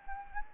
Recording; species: mosquito wingbeat signal from an infrared sensor; Anopheles gambiae